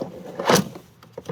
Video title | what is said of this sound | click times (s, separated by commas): RYOBI 20 Inch, 40 Volt Battery Mower RY401017 (Includes battery test) | locks into place | 0.4 s